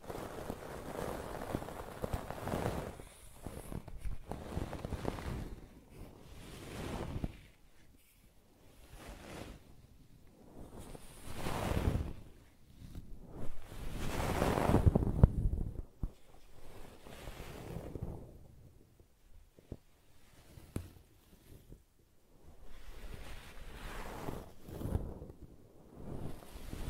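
Brushing and scratching sounds come in repeated sweeping strokes, each a soft rushing swell that rises and fades over a second or two. The strokes arrive irregularly, several seconds apart, with quiet gaps between them and a low rumbling texture underneath.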